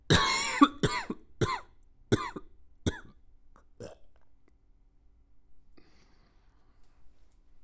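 A run of six harsh, explosive cough bursts from an adult over about four seconds, the first loudest and the later ones softer and shorter, followed by near silence. It is a plain cough, a sound effect.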